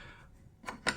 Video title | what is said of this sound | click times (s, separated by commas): Clutch Precision VFC G36 V2 Build 2024 | until it clicks, and now we can just gradually undo | 0.7 s, 0.9 s